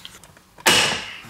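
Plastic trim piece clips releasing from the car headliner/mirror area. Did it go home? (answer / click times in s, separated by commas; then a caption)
released / 0.7 s. A plastic trim piece by the rear-view mirror of a Tesla Model X, in the headliner area, is pried off in one piece during a BlackVue dashcam install. After a few faint ticks, its retaining clips pop loose with a loud, sharp cracking snap at 0.7 s that rings out and fades over the rest of the clip. The clips are released, and it sounds worse than it actually is.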